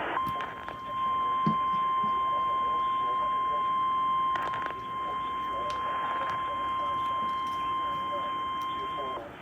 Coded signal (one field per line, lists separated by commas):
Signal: Emergency Alert System (SAME) tones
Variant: 1050 Hz attention tone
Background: speech